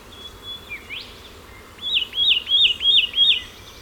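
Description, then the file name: Satin flycatcher call: a few scattered whistles, then five clear, looping upslurred notes repeated evenly about three times a second. "Myiagra Cyanoleuca"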